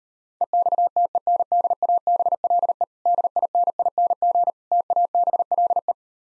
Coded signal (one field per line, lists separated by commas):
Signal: Morse code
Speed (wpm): 39 wpm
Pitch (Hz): 700 Hz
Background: none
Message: EXTENDABLE DINING TABLE